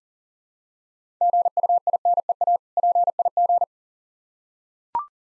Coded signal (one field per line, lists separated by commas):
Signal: Morse code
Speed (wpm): 40 wpm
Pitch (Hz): 700 Hz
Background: none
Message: GUINEA PIG